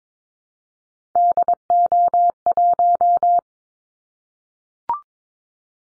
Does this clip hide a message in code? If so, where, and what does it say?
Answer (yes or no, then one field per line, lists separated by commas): yes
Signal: Morse code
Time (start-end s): 1.2-3.4 s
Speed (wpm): 22 wpm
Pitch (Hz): 700 Hz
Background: none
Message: DO1